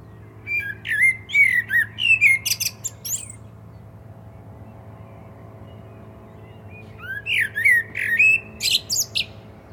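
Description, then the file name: Common blackbird song: two full phrases separated by a quiet gap, each opening with rich fluty whistles and ending in rapid, high squeaky twitters. "Turdus merula"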